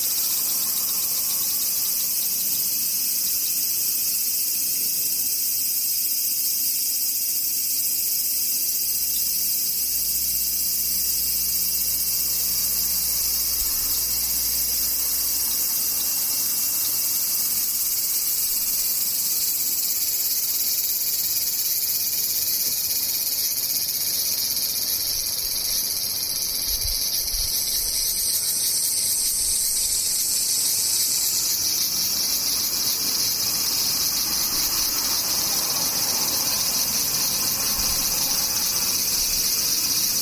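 Cicadas drone steadily for the whole stretch, a dense, shrill, high buzzing that barely changes in level. Around the half-minute mark one pitch bends and slides, as if a nearby singer shifts its call. A faint low rumble sits underneath from about ten to fifteen seconds.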